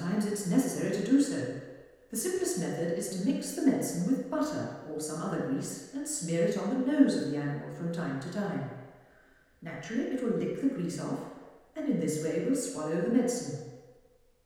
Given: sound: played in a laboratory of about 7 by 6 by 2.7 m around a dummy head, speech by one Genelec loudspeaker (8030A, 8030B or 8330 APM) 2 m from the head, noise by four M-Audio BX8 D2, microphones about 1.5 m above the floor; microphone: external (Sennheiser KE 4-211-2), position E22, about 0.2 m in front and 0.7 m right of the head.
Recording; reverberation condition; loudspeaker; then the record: female speech in English; high; behind (180 degrees)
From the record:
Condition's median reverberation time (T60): about 1300 ms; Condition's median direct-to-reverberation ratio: about -4.0 dB